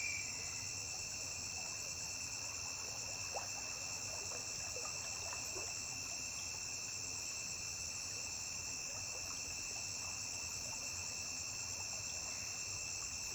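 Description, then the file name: Cricket song as a sustained sharp ringing tone, steady from start to finish, with scattered faint ticks. A single high-pitched cricket singing by a riverbank. "Grilo agudo isola cantando beira de rio"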